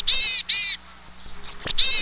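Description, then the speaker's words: Chickadee call: two buzzy 'dee' notes, then after a pause some high thin notes and a third buzzy note. Name reminiscent of its chickadee-dee song. "In the case of the chickadee, the name is reminiscent of the chickadee-dee song."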